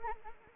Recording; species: mosquito wingbeat signal from an infrared sensor; Anopheles arabiensis